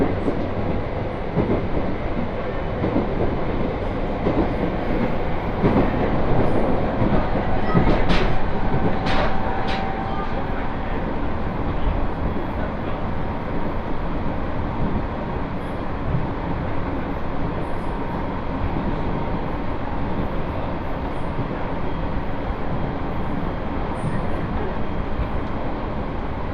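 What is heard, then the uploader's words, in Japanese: Interior of a Tohoku Main Line train running north, a steady dense low rumble with rhythmic rail clatter and brief squeals near eight seconds. 東北本線下り 北上→盛岡。701系4両編成。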